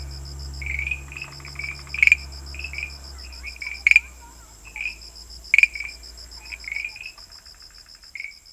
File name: Rhacophorus arvalis